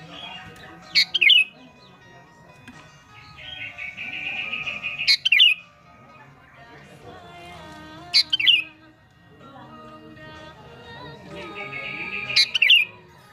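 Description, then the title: Sooty-headed bulbul calling: a sharp burst followed by short squeaky notes, repeated several times over a steady background. "Kutilang"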